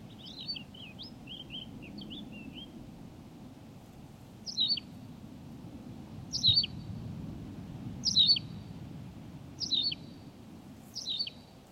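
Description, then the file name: Tawny pipit: a soft run of twittering notes opens, followed by five loud, abrupt chirped phrases repeated at short intervals, low rumble behind. "Pipit rousseline Anthus campestris"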